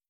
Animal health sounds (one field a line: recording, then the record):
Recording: hydrophone in a shrimp aquaculture tank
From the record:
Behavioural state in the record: feeding